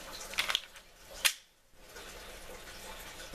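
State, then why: Seated. A steel SW40F magazine loaded with snap caps is pushed into the polymer frame of an SD40VE pistol's grip magazine well. A few short taps come first, and the magazine catch engages with a sharp click at 0.55 s, locking it in place. Another sharp hit follows around 1.3 s against a quiet background.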